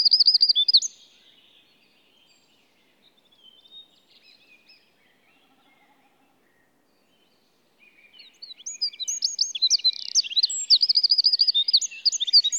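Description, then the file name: Eurasian wren song: a loud trill at the start, a long quiet stretch with faint twitters, then another energetic run of high notes and trills. "Troglodytes troglodytes"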